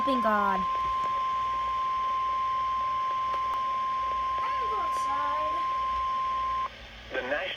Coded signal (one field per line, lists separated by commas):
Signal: Emergency Alert System (SAME) tones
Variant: 1050 Hz attention tone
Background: speech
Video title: EAS 20 - Severe Thunderstorm Warning for Mercer, Burlington, Monmouth and Bucks Counties